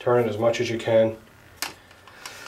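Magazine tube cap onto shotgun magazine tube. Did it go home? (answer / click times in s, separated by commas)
yes / 1.6 s, 2.3 s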